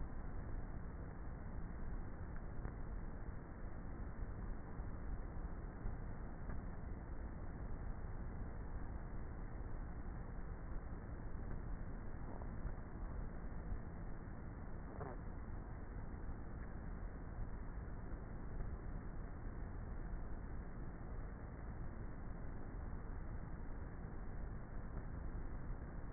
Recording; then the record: honeybee colony, microphone inside the hive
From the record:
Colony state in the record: queenless with a low population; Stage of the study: before two queens were removed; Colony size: about 30,000 bees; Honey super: no